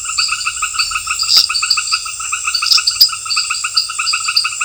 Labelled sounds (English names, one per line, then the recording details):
none
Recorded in pastures near Puerto Asís, Putumayo, Colombia, on 28 February 2025 at 18:30
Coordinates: 0.502, -76.324
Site GP07